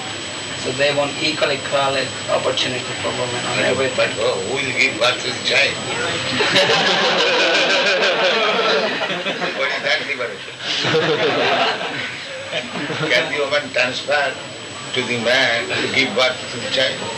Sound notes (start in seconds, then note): 6.3 laughter; 13.3 laughter